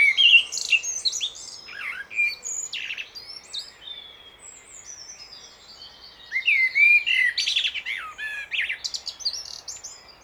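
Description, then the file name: Common blackbird singing mellow, whistled phrases that end in high, squeaky twitters, loudest at the start and again after six seconds. "Turdus merula"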